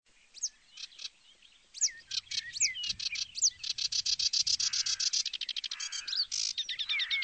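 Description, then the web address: Sedge warbler song, a busy mix of harsh churrs, rapid chattering trills and sliding whistles, speeding up into long runs of repeated buzzy notes. "chants Phragmite des joncs"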